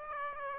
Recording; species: mosquito wingbeat signal from an infrared sensor; Aedes aegypti